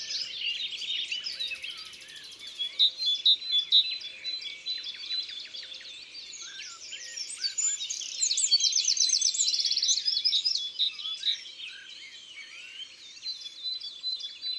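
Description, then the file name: Great tit song among a dense chorus of high chirping and trilling birds, busy overlapping phrases with louder bursts around three and nine seconds. Isère, France. "Mesange-charbonniere-Concerts-naturels-de-l Isere-Studio-Les-Trois-Becs"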